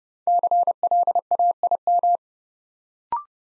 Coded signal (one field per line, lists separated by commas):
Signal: Morse code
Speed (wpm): 30 wpm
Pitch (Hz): 700 Hz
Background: none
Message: CLAIM